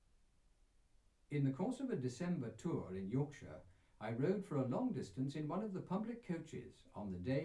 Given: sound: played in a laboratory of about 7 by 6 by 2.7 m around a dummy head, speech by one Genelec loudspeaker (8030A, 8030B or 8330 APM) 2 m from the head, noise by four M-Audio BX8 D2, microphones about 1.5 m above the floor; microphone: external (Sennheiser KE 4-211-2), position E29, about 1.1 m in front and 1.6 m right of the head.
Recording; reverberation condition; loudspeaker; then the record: male speech in English; low; behind (180 degrees)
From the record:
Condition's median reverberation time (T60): about 310 ms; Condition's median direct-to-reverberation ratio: about 3.5 dB